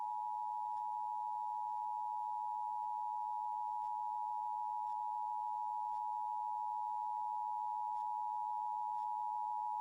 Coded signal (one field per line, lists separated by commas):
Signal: Emergency Alert System (SAME) tones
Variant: 853 and 960 Hz attention tone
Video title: EAS Tsunami Warning: Coast of California NOAA Weather Radio (Test)